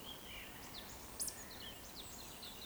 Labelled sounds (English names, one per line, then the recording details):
Eurasian Woodcock whistle
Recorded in Baden-Württemberg, Germany, on 11 June 2020 at 19:59 UTC
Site 14569, 102 m above sea level